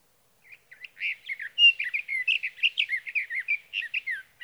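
Sage thrasher singing a rapid, jumbled warble of varied short phrases, some clear and whistled, others buzzy, flowing continuously.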